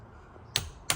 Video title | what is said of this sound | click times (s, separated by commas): Tesla Model Y / 3 Cybertruck Wheel Inspired by TesStudio! For Tesla Model 3 & Y#megawatts #tesla | you hear that once it clicks and you're done | 0.6 s